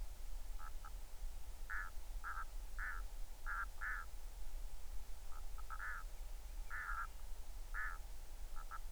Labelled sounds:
waterfowl
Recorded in the Arctic National Wildlife Refuge, Alaska, on 20 July 2019 at 02:49
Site 38

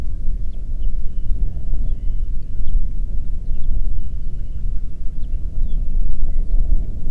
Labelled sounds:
songbird
wind
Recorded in the Prudhoe Bay oil fields, Alaska, on 8 June 2019 at 04:48
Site 30

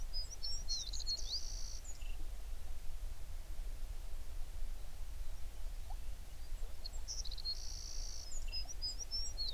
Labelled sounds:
songbird
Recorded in the Prudhoe Bay oil fields, Alaska, on 11 June 2019 at 04:46
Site 21

